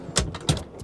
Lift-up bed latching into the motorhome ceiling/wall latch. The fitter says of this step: und sehen Sie, keine Gurte, sie rastet einfach ein.